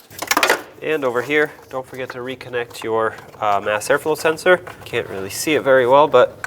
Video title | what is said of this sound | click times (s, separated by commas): How to Replace Ignition Coil Boots 2006-2011 Chevy HHR | make sure it's bottomed out all the way and bring it down lock it onto those studs in the back | 0.3 s, 0.4 s